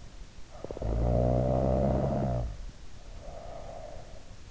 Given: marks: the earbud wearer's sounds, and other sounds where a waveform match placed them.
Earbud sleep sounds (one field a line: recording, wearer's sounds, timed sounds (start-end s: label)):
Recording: sounds in sleep by an in-ear microphone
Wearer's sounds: snoring breath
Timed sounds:
0.39-4.47 s: snoring breath